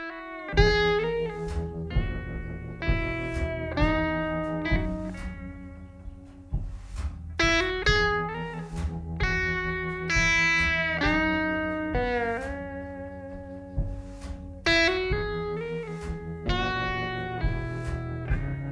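A rock band song plays throughout, driven by heavily distorted electric guitar chords with sharp strummed attacks and a steady, loud, dense sound, with no talking over it.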